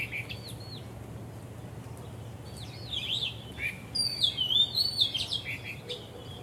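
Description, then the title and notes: Bird sings scattered high whistles, then a rich warbling phrase of sliding notes, then quieter hiss. Birds singing vigorously at Wu Kai Sha, Hong Kong, on 15 December 2006; recorded with AKG condenser microphones in XY stereo. "香港 烏溪沙 雀鳥勁唱歌 Date: 15 December 2006"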